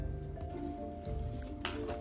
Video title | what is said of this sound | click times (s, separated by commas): Tineco dirty water tank full ERROR message? How to fix | make sure it clicks in so it's all the way in because that can be a problem | 1.6 s